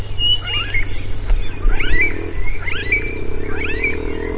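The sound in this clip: Birds calling with swooping, rising and falling slurred notes in several bursts, against a loud, unbroken high insect chorus.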